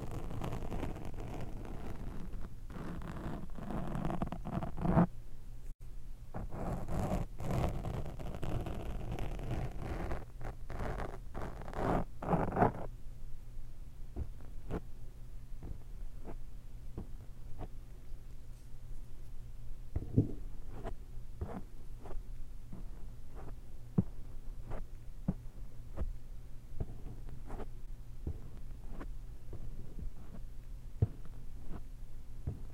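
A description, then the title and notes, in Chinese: A fork pokes and scratches. For the first dozen seconds the scraping is dense and rough, with frequent gritty strokes; after that it thins to sharp, separate taps and jabs arriving about every half second. A steady low hum runs underneath throughout. 叉子/戳&抓。叉子 ASMR。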